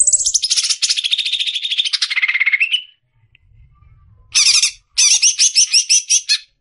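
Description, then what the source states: Greater green leafbird song: a long cackling rattle descending in pitch over three seconds, then after a pause, rapid high buzzy repeated notes. Long cackling song, used to train songbirds for singing contests.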